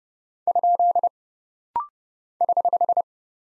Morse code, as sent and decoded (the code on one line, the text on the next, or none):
..--.. / ........
? <HH>